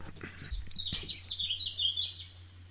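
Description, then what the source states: European robin song, a high thin rambling phrase of quick warbled notes, with faint low hum and a few soft knocks beneath. High pitched and rambling.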